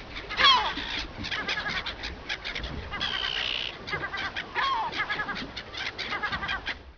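Seabirds calling together in a busy chorus of overlapping harsh, nasal cries, with one sharp downslurred call near the start.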